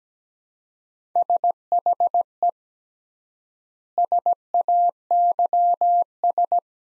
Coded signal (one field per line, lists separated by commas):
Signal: Morse code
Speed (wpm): 17 wpm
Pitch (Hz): 700 Hz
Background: none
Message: SHE SAYS